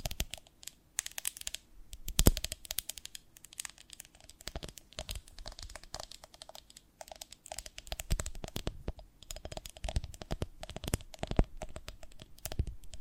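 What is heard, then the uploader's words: ASMR sounds from a honeycomb on a branch: dense, irregular crackling and crinkling clicks run throughout, sharp and bright, with a faint low hum underneath. A louder snap stands out near two seconds, and heavier bursts of crackling gather around eight and eleven seconds. ASMR of a Honeycomb on Branch (No Talking).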